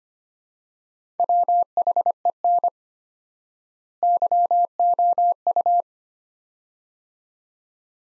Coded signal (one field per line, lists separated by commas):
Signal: Morse code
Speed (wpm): 25 wpm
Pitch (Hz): 700 Hz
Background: none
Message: WHEN YOU